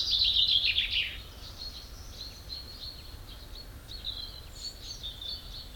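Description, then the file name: Common chaffinch song: a loud, rattling high phrase at the start, followed by softer thin whistles and chirps. "Fringilla coelebs"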